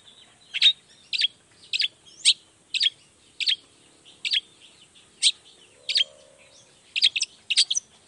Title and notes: Cendet Gacor Dor Di Kala Pagi Toet Toet Variasi Suara. Cendet Gacor Pagi Hari Biangnya Bikin Cendet Manapun Langsung On Nyaut Buka Materi. Burung cendet